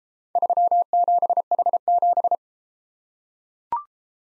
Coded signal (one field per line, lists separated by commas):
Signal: Morse code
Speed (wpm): 31 wpm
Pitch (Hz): 700 Hz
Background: none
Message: 37H7